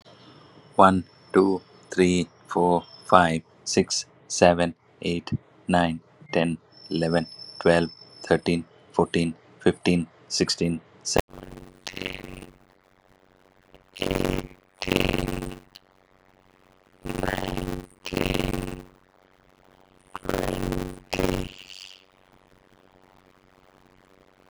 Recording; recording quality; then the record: counting at a normal pace; moderate, slight background noise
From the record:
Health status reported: COVID-19 positive, mild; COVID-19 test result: positive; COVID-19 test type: RT-PCR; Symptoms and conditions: cough, sore throat, hypertension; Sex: male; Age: 61 years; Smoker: no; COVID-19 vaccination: both doses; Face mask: not worn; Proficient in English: yes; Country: India